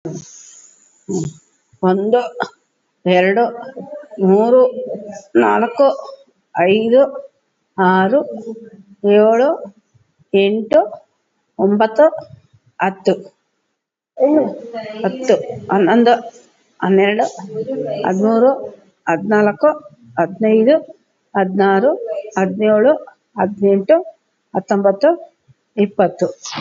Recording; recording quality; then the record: counting at a normal pace; excellent, no background noise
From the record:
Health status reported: COVID-19 positive, moderate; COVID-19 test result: positive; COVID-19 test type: RT-PCR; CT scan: not taken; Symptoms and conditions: cough, cold, breathing difficulty, fever, fatigue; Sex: female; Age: 57 years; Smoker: no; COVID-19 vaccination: one dose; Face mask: not worn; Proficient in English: yes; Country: India